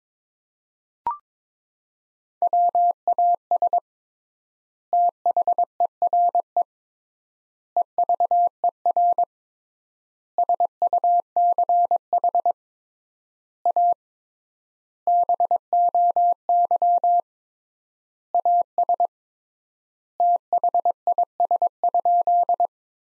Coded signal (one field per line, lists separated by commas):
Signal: Morse code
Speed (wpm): 22 wpm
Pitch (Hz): 700 Hz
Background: none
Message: WAS THERE EVER SUCH A BOY AS THIS?